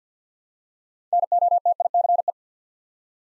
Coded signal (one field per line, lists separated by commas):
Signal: Morse code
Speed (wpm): 48 wpm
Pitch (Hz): 700 Hz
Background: none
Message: NOTICE